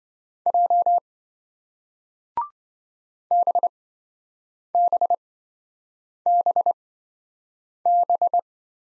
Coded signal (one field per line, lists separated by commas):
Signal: Morse code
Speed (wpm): 26 wpm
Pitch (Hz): 700 Hz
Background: none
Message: J BBBB